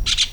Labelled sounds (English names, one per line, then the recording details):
Brown-throated Parakeet contact call
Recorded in Venezuela
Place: PN Cerro Saroche, Tierras del Sr. Polo, Edo. Lara
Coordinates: 10.171, -69.518